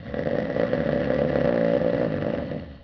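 Snoring from an adult sleeper.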